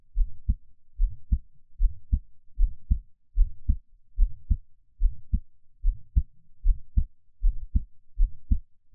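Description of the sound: Normal adult heartbeat heard up close, a steady lub-dub at about 74 beats per minute, with no talking.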